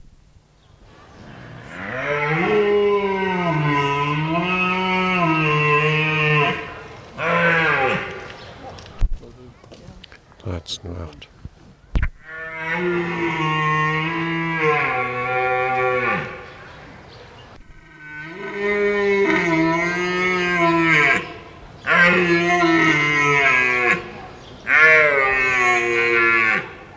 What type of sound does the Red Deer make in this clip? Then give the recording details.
call. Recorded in captivity. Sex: male. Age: adult. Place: Tierpark Berlin, Berlin, DE. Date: 1980-10-11 13:00. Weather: sunny, 5-8°C, no wind. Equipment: Nagra SN, Kopie Uher 4200 Report Stereo. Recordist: Tembrock, Günter